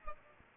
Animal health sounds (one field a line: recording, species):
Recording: mosquito wingbeat signal from an infrared sensor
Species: Aedes aegypti